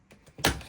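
A clip-on cover on the chassis of a vintage CR-1 car stereo from a 1990 Porsche 911, held only by clips and not screws, is pulled off by hand. After a few faint ticks, a sharp snap at 0.45 s marks the cover popping free, followed by a brief rustle as it is released.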